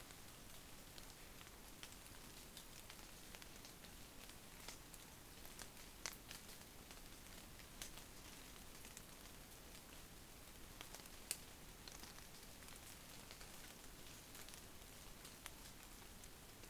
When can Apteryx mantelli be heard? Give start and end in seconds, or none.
none